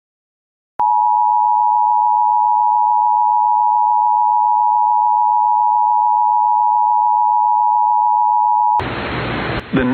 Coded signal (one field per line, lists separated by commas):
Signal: Emergency Alert System (SAME) tones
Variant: 853 and 960 Hz attention tone